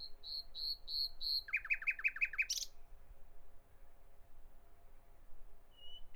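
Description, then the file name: Common nightingale song: a few repeated whistled notes, then a fast run of sharp rattling clicks and a high buzzy flourish, followed by quiet pauses and one thin whistle. "Nachtigall"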